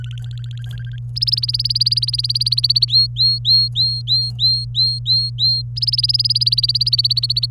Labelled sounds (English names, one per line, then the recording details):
Domestic Canary song
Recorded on 24 April 2018 at 09:10
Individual llb3